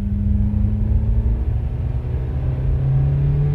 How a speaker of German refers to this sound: Die Katze lag zwischen uns, als wir weiterfuhren. Rees saß am Steuer.